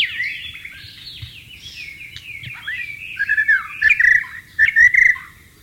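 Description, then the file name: White-rumped shama song: varied whistled phrases sliding between mid and high pitch, growing louder and richer after three seconds with quick repeated notes. Wild bird, singing in its natural habitat. "suara burung murai batu di alam liar"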